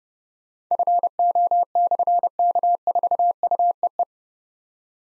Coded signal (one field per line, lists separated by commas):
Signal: Morse code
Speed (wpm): 30 wpm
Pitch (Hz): 700 Hz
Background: none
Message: FO/K4UEE